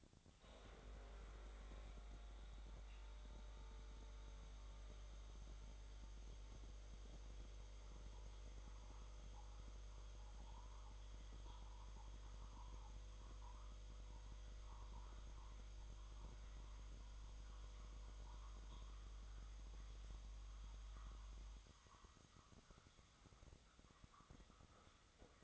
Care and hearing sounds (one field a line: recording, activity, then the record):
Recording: daily activity, microphone in the room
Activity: make coffee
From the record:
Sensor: 3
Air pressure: 1000.3 hPa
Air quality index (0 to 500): 149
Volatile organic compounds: 3 ppm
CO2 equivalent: 1318 ppm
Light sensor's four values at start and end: 36/90/39/41 and 36/90/39/41